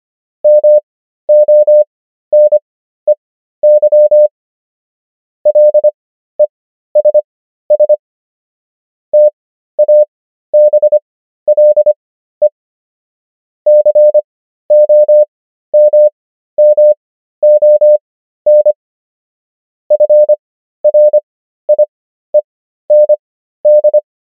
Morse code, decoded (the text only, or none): MONEY LESS TABLE COMMON FRIEND